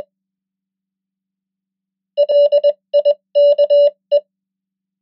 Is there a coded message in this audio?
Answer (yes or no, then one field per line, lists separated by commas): yes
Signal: Morse code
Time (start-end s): 2.2-4.2 s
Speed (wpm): 21 wpm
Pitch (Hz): 580 Hz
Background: none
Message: LIKE